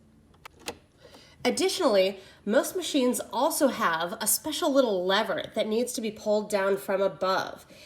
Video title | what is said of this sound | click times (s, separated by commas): How To Sew: Casual Shirt - Buttons and Buttonholes | and it should snap right in place | 0.7 s